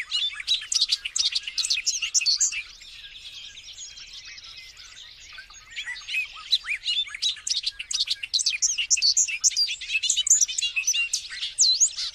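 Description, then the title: Lovebird chattering, a dense stream of shrill high chirps and squeaks, briefly quieter in the middle, then loud rapid chirping again to the end. Call used as a lure to attract lovebirds. "PIKAT BURUNG LOVEBIRD"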